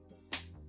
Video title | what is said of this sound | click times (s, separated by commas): CETTE MANETTE EST FOLLE - Scuf infinity PRO | donc vous avez entendu le clic. | 0.3 s